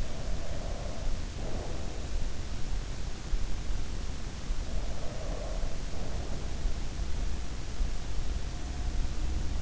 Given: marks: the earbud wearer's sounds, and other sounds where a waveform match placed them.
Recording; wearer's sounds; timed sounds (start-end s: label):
sounds in sleep by an in-ear microphone; breath
0.00-2.12 s: breath
4.75-6.82 s: breath